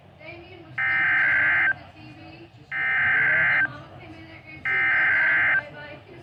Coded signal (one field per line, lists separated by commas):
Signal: Emergency Alert System (SAME) tones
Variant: header bursts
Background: speech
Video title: STARLESS - EAS Alerts from 4/2/24 #21-37